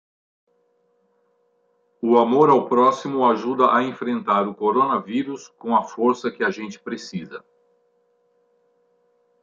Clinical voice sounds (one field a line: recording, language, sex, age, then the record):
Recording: spoken sentence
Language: Brazilian Portuguese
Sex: male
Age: 60 to 69 years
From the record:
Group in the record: control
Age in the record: 66 years